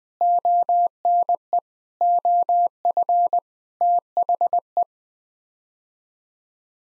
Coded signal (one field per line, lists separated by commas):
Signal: Morse code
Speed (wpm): 20 wpm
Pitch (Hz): 700 Hz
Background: none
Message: ONE OF THE